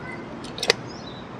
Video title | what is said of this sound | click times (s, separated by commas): THE BEST BROMPTON CLONE? 9.8KG STOCK! | you can get a click | 0.7 s